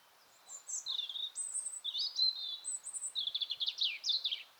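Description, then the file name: European robin song: a continuous run of high, sweet whistles and slurred notes ending in fast, trilled flourishes. "Erithacus rubecula"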